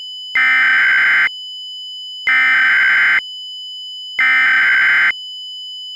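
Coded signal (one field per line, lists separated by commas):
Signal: Emergency Alert System (SAME) tones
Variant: header bursts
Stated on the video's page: A mock EAS alert simulating a hacked system, shown as an Xfinity X1 cable box Trilithic screen test.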